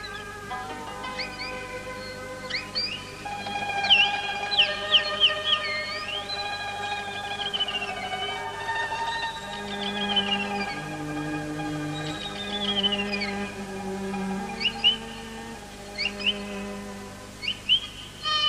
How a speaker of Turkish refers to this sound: Dünyanın bir ucundan öbür ucuna müzisyenlerin asırlar boyunca doğanın seslerini taklit etmeye ve uyandırmaya çalıştıklarını görürüz. Özellikle göklerin şarkıcıları olan kuşların sesini.